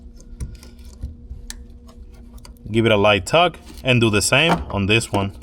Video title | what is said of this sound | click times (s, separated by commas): How to Replace Fuel Pump Assembly 2011-2016 Kia Optima | Make sure that you hear a click. | 1.5 s